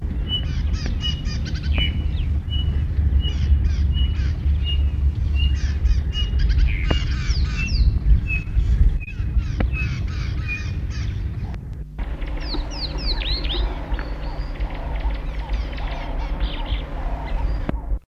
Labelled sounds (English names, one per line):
Rattling Cisticola call